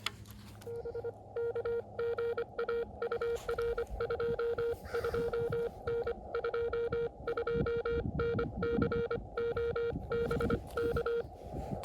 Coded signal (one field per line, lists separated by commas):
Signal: Morse code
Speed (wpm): 25 wpm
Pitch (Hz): 470 Hz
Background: none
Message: BK GA UR 22N 22N CO BK